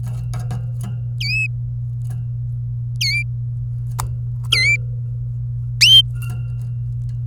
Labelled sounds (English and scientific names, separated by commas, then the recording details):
Domestic Canary (Serinus canaria) song
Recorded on 24 April 2018 at 10:53
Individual llb3